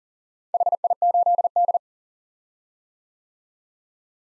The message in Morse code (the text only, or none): HI8D